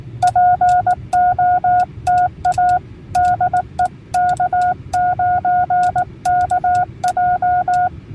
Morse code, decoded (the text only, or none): POTA DE K9KJ